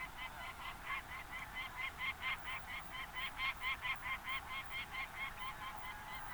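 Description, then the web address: Peregrine falcon calling in a fast, regular run of harsh, ringing 'kak' notes, continuing throughout. Recorded in February 2019. "2019 02 PEFA"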